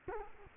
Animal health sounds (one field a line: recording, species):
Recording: mosquito wingbeat signal from an infrared sensor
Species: Culex quinquefasciatus